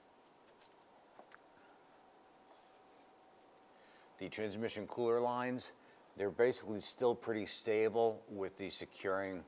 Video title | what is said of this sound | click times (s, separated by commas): How to Replace Radiator 2011-2017 Honda Odyssey | press that on you'll hear it snap into place | 1.3 s